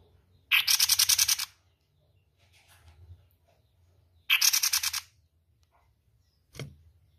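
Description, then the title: Spiderhunter repeating a harsh pulsed rattle twice, the bursts about four seconds apart, with a short knock near the end. Long, clear, continuous singing, recorded as tutor audio for training other birds. "Pijantung Gunung Gacor Jernih Panjang"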